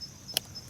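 A new trunk release button switch for a 2008 Chevrolet Malibu door panel is slid into its door wiring plug, which only fits one way. A single short, sharp click at 0.4 s stands out against a quiet background with a faint steady high tone. The switch connector is seated in the plug.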